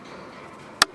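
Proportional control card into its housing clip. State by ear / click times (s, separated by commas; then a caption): seated / 0.8 s. A proportional control card for an Imet unit is pressed into its housing, and the top retaining clip snaps in with a single sharp, short click at 0.8 s over a quiet background. The top latch is seated.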